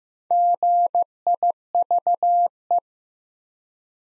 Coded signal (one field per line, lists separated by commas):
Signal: Morse code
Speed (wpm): 15 wpm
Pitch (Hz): 700 Hz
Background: none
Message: GIVE